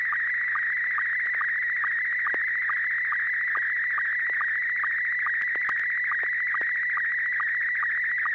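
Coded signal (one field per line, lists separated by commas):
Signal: SSTV (slow-scan television)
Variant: Scottie 1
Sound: continuous warbling, chirping tone with a steady rhythmic low blip about twice a second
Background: low hum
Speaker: I'm going to send this one Scotty one and 6 YG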